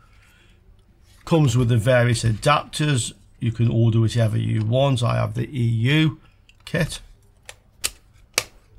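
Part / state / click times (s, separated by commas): mains plug adapter onto power supply / seated / 8.4 s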